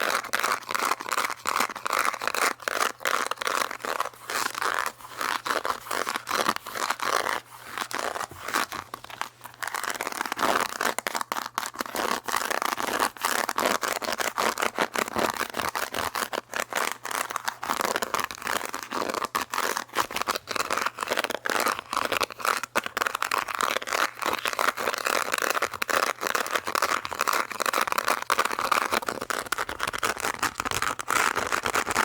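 Fast, aggressive scratching runs nonstop for the whole stretch, a dense, rough, crunchy rasp of quick strokes. The intensity holds steady throughout, with a faint low hum underneath and a slight dip in activity around the tenth second.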